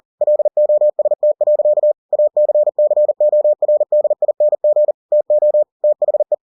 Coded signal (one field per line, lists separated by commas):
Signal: Morse code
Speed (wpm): 40 wpm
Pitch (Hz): 600 Hz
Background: none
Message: LOST. ACCORDING TO THE